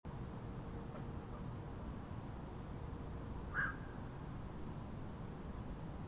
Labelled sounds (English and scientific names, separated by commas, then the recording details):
unidentified sound, Black-crowned Night-Heron (Nycticorax nycticorax)
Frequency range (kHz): Black-crowned Night-Heron (Nycticorax nycticorax) 1.0-2.3 kHz
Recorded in France